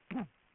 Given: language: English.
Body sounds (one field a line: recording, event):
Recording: throat vibration sensor signal played as sound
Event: throat clearing